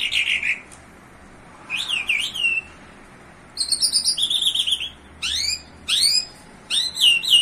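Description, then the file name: Bimaculated lark song: separate bursts of high chirps, buzzy trills and sharp downward-sweeping whistles, spaced by short silences. Recorded in Iran. "iranian sound bimaculated lark"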